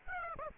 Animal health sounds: mosquito wingbeat signal from an infrared sensor; Aedes aegypti

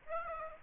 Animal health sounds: mosquito wingbeat signal from an infrared sensor; Aedes aegypti

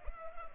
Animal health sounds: mosquito wingbeat signal from an infrared sensor; Culex pipiens

